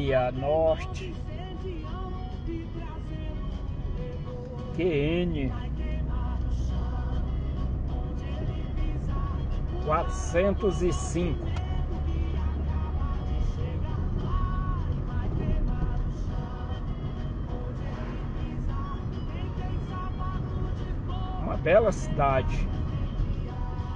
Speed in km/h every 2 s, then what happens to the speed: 18, 21, 23, 25, 26, 28, 27, 27, 27, 28, 30, 22.
0-10 speeds up to 28. 10-20 steady at about 27. 20-24 slows to 22.